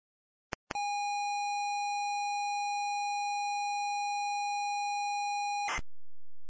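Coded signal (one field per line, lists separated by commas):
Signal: ZX Spectrum tape loading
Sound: click, then a steady buzzy mid tone for five seconds, a short harsh burst, low hum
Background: low hum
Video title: Link (Zelda Wind Waker) - Loading screen (ZX Spectrum)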